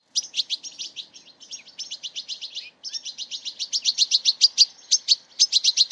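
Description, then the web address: Bird calls: rapid series of short, high chirps, with a brief pause before resuming louder. "Deverinetal. Bird Only"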